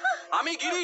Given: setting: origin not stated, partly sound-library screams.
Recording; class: one-second piece from a danger detection set; woman in danger